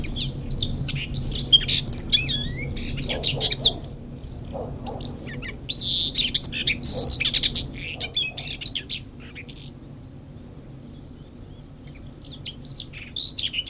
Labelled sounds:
Common Whitethroat (Sylvia communis) song
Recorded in the wild
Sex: male
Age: adult
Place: Feldberg - Koldenhof, Mecklenburgische Seenplatte, Mecklenburg, DE
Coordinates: 53.3325, 13.3433
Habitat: shrubbery
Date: 1976-07-01 20:30
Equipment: Uher CR 210, Sennheiser MD 421 HL, Verstärker, Reflektor, Kopie Uher 4200
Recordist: Tembrock, Günter

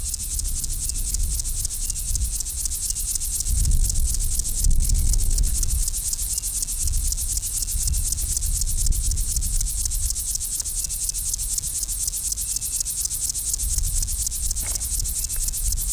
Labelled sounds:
Upland Field Grasshopper (Chorthippus apricarius) stridulation
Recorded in the wild
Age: imago
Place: Liebenthal, Schorfheide, Brandenburg, DE
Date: 1999-07-24 13:56
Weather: heiter, 28,6°C
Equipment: Sony WM-D6C, Sennheiser ME 80, Kopie Uher 4000 Report Monitor
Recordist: Tembrock, Günter
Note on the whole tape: Mehrere Exemplare: Stridulation

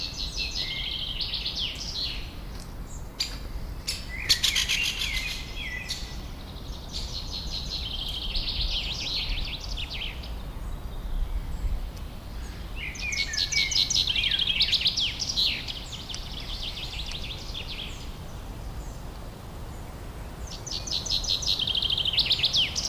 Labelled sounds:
Common Chaffinch (Fringilla coelebs) song
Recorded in the wild
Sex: male
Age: adult
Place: Summt, Brandenburg, DE
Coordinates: 52.6931, 13.3606
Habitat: forest
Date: 1997-05-17 13:38
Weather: sunny, 25°C
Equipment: Sony MD-WM MZ-R3, Sennheiser MKH 416 T, Kopie Uher 4000 Report Monitor
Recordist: Tembrock, Günter

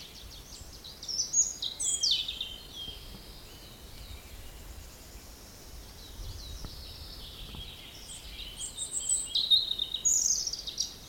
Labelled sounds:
European Robin (Erithacus rubecula)
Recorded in the wild
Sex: male
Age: adult
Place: Mühlenbeck, Brandenburg, DE
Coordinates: 52.625, 13.404
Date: 1992-05-23 11:01
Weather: sonnig, 20-24°C, böiger Ost-Wind
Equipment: Nagra SN, Mikrofon AKG CK 8, Kopie Tesla B 116
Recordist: Tembrock, Günter

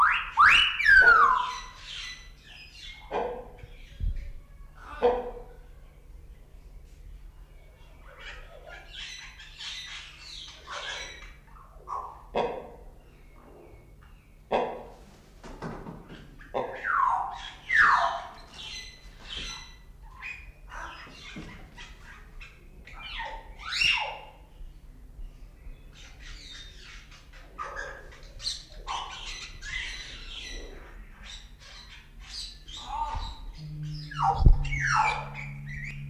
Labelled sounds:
Common Hill Myna (Gracula religiosa) call
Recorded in captivity
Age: adult
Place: Zoo Berlin, Berlin, DE
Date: 1994-03-12 11:17
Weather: light rain shower, 7°C
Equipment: Marantz CP 430, Sennheiser ME 80, Kopie Uher Variocord 263
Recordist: Tembrock, Günter

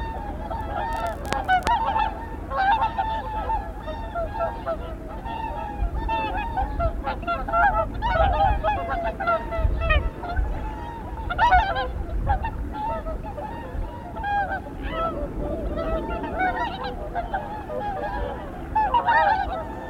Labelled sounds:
Whooper Swan (Cygnus cygnus) call
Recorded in the wild
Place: Trent, Insel Rügen, Mecklenburg-Vorpommern, DE
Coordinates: 54.551, 13.233
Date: 1976-02-03 10:57
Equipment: Nagra III BH, Sennheiser MD 21, parabola
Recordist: Schubert, Michael

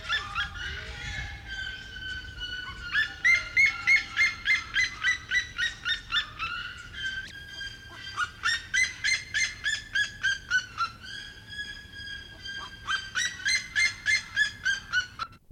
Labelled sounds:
Red-legged Seriema (Cariama cristata) call
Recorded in captivity
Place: Zoo Hannover, Niedersachsen, DE
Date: 1974-07-05
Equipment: Halbspur, 9,5 cm/s
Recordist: Lütgens, Hans
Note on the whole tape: Kurzrufe

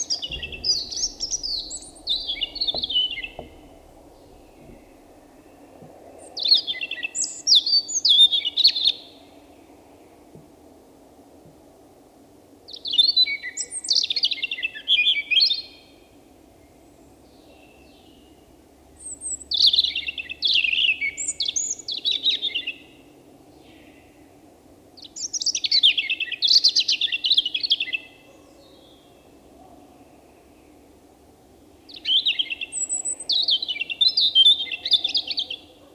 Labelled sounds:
European Robin (Erithacus rubecula) song
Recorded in the wild
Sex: male
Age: adult
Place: Breitenbach, Baden-Württemberg, DE
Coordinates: 49.0417, 10.2128
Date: 1971-04-30
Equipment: Uher Report 4200, Scotch-Classic 19cm, AKG D190C in Doppelparabolreflektoren
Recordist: Krey, Winfried

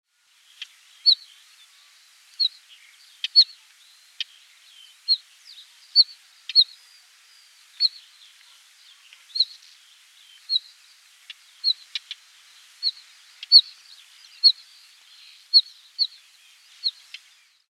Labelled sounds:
Northern Wheatear (Oenanthe oenanthe)
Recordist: Tembrock, Günter
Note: Rufe

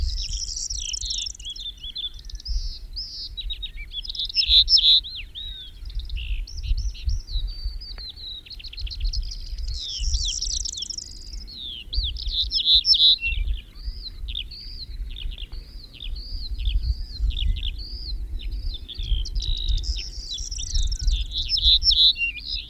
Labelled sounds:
Ortolan Bunting (Emberiza hortulana) song
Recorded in the wild
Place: Svoboda, Plodiv, BG
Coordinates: 42.395, 24.337
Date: 1974-05-28 05:36
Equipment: Nagra III BH, Sennheiser MD 21, parabola
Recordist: Schubert, Michael

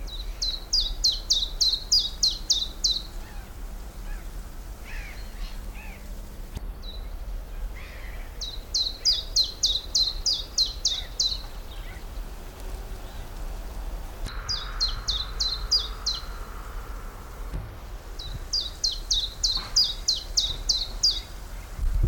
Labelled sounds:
Common Chiffchaff (Phylloscopus collybita)
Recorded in the wild
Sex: male
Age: adult
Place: Lychen, Brandenburg, DE
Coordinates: 53.21, 13.32
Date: 1995-04-22 18:35
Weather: heiter, 23°C, böiger Wind
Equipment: Marantz CP 430, Sennheiser ME 80, Kopie Uher 4000 Report Monitor
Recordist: Tembrock, Günter

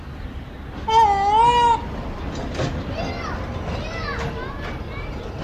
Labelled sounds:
Green Peafowl (Pavo muticus) call, Black-naped Oriole (Oriolus chinensis)
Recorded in captivity
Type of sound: call
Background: Oriolus chinensis
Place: Zoo Berlin, Berlin, DE
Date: 1995-03-11 11:28
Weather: sunny, 0-5°C
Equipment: Sony WM-D6C, Sennheiser ME 80, Kopie Uher Variocord 263
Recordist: Tembrock, Günter
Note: Eine Ruffolge. Entfernung: 12 m

